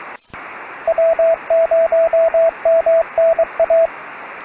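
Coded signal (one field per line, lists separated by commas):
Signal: Morse code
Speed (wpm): 19 wpm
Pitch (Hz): 690 Hz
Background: radio noise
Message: W0MNA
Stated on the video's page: Restored recording of a summit activation of hill 1190.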